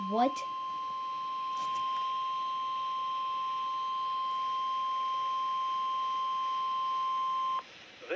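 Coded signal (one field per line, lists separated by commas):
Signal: Emergency Alert System (SAME) tones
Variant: 1050 Hz attention tone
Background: speech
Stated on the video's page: Failed weekly test received on weather radios; primary transmitter Richmond VA, backup Roanoke VA.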